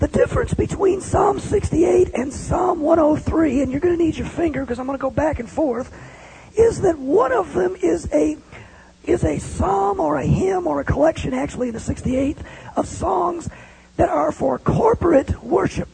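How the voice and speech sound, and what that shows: Adult male teaching a Sunday school class in a feeble, croaking voice, speaking with the false vocal folds. A viral infection was thought to have damaged the nerves of his vocal cords (myelin sheath). An earlier diagnosis was a form of spasmodic dysphonia. His speech is laboriously effortful and is amplified by a headset microphone.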